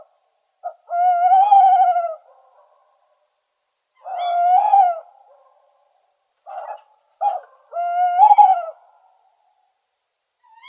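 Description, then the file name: Tawny owl calling with three drawn-out notes and a few short clipped notes between. "Neyasyt seraya Strix aluco"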